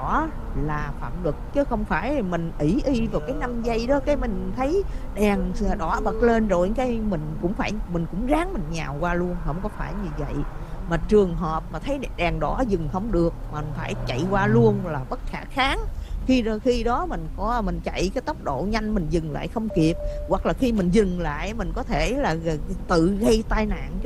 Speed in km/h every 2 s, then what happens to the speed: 60, 60, 60, 56, 50, 42, 31, 21, 21, 23, 27, 39.
0-14 slows to 21. 14-24 speeds up to 39.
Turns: none.